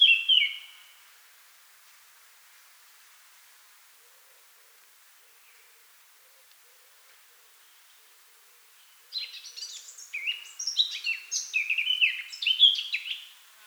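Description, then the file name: Eurasian blackcap giving a brief high note, then after a long silence a fast, scratchy, jumbled warble of high chirping notes lasting several seconds. "Sylvia atricapilla"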